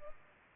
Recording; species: mosquito wingbeat signal from an infrared sensor; Culex pipiens